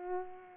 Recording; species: mosquito wingbeat signal from an infrared sensor; Culex pipiens